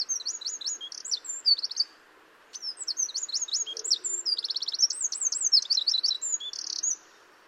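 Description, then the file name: Eurasian wren song: a short, high, tumbling phrase, a brief break, then a longer run mixing sweet warbles with a fast, dry trill. "Troglodytes troglodytes"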